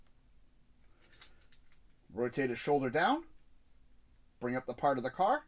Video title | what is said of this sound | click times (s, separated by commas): Transformers Last Knight Premier Edition Barricade 2017 | We're going to take the front of the car, bring it over the top. You'll hear it click. | 1.2 s